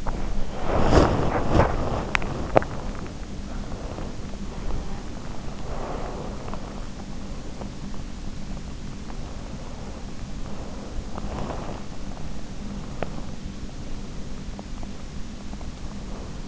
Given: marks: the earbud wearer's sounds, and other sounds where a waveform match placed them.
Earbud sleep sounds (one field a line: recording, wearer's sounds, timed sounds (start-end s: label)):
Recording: sounds in sleep by an in-ear microphone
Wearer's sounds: body movement, breath, teeth grinding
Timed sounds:
0.00-4.70 s: body movement
5.43-6.77 s: breath
9.02-16.48 s: body movement
12.73-13.38 s: teeth grinding